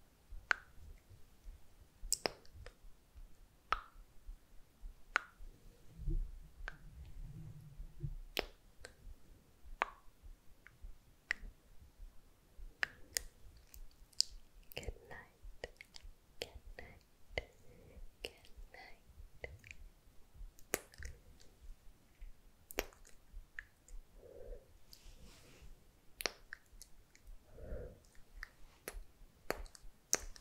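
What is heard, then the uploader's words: Mouth sounds and kiss sounds come as sharp, wet clicks and pops scattered across the whole clip, irregular and sometimes in quick clusters. A low rumbling rub appears around six to eight seconds, and soft murmured touches turn up now and then between the clicks. MOUTH SOUNDS and KISS SOUNDS + HAND MOVEMENTS ASMR.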